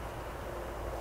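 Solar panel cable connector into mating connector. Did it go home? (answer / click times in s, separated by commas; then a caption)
no / none. A waterproof, sealed plastic solar panel cable connector is handled before being pushed into its mating connector, with a steady low rumbling background and no distinct transients. Nothing has seated or clicked yet.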